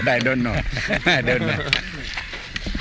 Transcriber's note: laughter